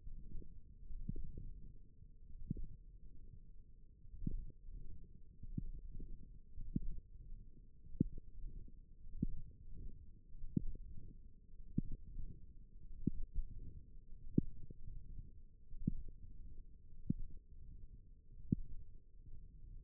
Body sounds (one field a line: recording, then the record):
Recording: forearm muscle sounds (acoustic myography)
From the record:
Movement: wrist flexion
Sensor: system 1, eight BSWA MPA416 microphones around the upper forearm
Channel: 4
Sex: male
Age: 23 years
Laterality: right